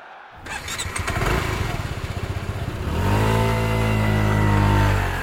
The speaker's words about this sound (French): À 10h le lendemain, il emballe son scooter en direction d'Arles.